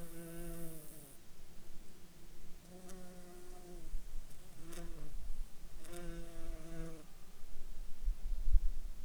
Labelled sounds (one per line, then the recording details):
insects
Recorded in Ivvavik National Park, Yukon, on 5 July 2019 at 14:50
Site SINP09